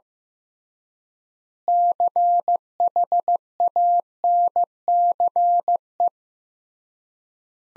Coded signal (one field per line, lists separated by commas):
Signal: Morse code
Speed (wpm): 15 wpm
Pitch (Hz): 700 Hz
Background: none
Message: CHANCE